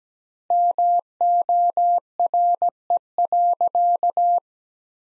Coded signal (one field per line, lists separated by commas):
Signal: Morse code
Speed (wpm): 17 wpm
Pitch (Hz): 700 Hz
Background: none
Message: MORE.